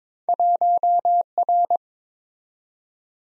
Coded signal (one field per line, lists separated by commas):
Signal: Morse code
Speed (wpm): 22 wpm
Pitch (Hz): 700 Hz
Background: none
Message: 1R